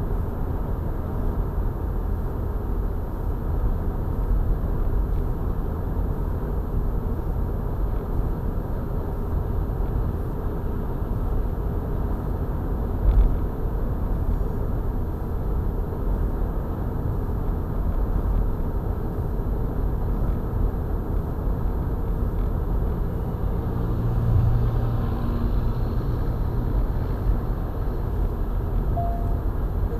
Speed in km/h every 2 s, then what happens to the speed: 95, 96, 95, 95, 95, 95, 95, 95, 95, 95, 95, 95, 95, 95, 96.
0-30 steady at about 95.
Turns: none.